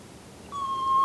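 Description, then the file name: Soft-plumaged petrel whistle starting midway and holding a flat, pure tone to the end, cut off before it finishes, over quiet low hiss. "Soft plumaged Petrel Pterodroma mollis"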